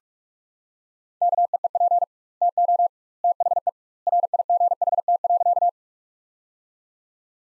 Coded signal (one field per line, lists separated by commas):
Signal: Morse code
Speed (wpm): 46 wpm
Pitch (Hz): 700 Hz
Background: none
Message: KEEP TO THE RIGHT.